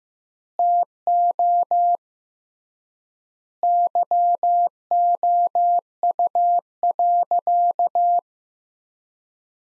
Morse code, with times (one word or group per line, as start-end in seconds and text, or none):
0.6-2.0 TO
3.6-8.2 YOU.